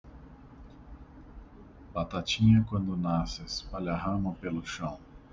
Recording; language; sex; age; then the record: short text; Brazilian Portuguese; male; 40 to 49 years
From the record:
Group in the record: control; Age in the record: 42 years